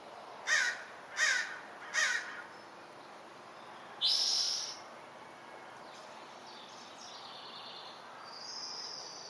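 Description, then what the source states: Birds calling: three short notes less than a second apart, then a harsher burst and a fainter call, over steady background hiss. Dense nature ambience.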